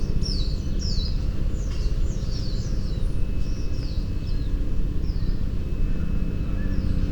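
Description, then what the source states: White-eye giving rapid high twittering notes in a busy run, over a heavy low rumble of background noise. 22 May 2018, 08:51.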